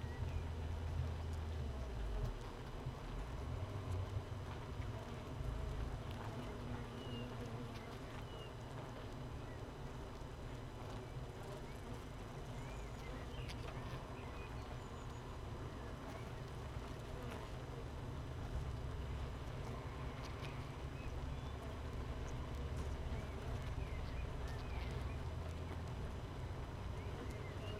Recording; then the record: honeybee colony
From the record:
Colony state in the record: missing queen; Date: 31 May 2018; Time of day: 15:38